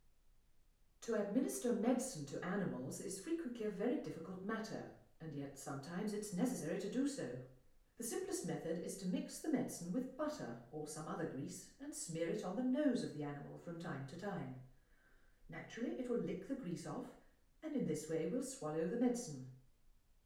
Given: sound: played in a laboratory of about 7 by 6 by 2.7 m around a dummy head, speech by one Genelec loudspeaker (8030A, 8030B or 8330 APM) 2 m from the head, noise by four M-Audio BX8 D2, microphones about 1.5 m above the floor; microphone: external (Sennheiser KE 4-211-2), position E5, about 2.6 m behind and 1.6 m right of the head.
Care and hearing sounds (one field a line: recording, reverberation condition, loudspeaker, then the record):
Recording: female speech in English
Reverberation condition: medium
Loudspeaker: in front (0 degrees)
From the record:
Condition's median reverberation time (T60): about 510 ms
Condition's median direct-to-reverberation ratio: about -0.5 dB